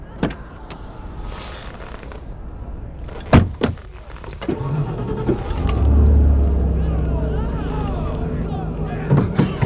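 A couple of sharp clunks like a car door, then an engine starts up and revs, settling into a steady, rising rumble as the vehicle pulls away.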